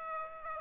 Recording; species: mosquito wingbeat signal from an infrared sensor; Aedes aegypti